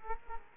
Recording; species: mosquito wingbeat signal from an infrared sensor; Culex quinquefasciatus